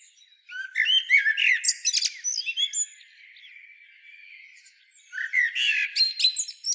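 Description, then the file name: Common blackbird with a dense run of harsh, twittering notes for about two seconds, then near quiet, then another energetic burst of chattering notes. "Turdus merula"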